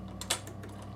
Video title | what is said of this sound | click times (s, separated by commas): Bernina 5 series using the B9 shuttle system and the Bernin 570. Part one. | turn it around so that's horizontal and it will just click into place | 0.3 s